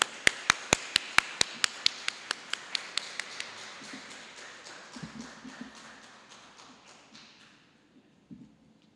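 Steady, evenly spaced claps from an audience at a Chinese Methodist church in Seremban, welcoming a visiting preacher to give the sermon, ring out sharply for about three seconds, then grow softer and trail off into a low murmur, with a few scattered claps near the end.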